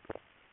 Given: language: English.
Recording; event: throat vibration sensor signal played as sound; swallow